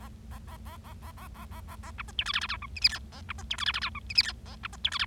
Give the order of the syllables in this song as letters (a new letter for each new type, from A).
A A A A A A A A A A A B C D E F F G H I J K A B C D E F F G H I J K A B C D E F